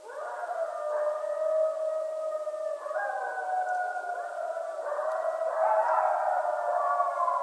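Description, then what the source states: Coyote chorus of several long, sustained howls overlapping, pitches stepping up and down and growing denser and louder toward the end. Several coyotes recorded at night on 14 January 2012.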